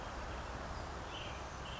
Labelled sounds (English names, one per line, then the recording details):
Western Tanager
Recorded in Sonoma County, California